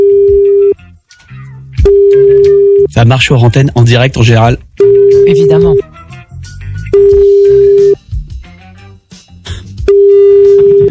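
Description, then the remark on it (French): A telephone ringing tone repeats in steady, mid-pitched beeps about a second long, five or six times at regular intervals, while people talk between and over them, during a live on-air call to two relatives on the radio station NRJ. “On rappelle en direct.”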